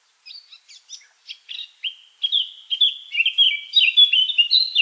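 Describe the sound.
Eurasian blackcap singing: sparse soft chips and twitters that build into a loud, fast run of rich fluted whistles.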